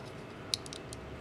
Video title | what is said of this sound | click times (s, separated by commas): HGUC 1/144 ReZEL Type-C [Defenser b-Unit] [GR] - Review Part 2 (Final) | and seem to lock into place | 0.5 s